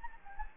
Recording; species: mosquito wingbeat signal from an infrared sensor; Anopheles gambiae